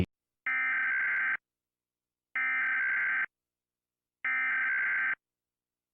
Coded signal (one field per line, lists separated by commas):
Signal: Emergency Alert System (SAME) tones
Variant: header bursts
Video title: Emergency alert system alarms